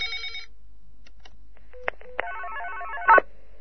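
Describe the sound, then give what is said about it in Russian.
A phone rings with an electronic, warbling ringtone: a short burst of bright tones, a few faint clicks, then a longer melodic trill of high beeps ending in a sharp louder blip. “Итак, походу, мне звонит японский дед, товарищи. Сейчас жду сигнала ООНа.”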